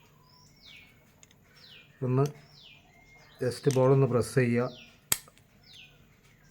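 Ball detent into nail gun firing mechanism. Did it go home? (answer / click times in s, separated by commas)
yes / 5.1 s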